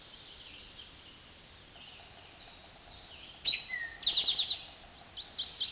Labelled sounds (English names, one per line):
Eastern Towhee song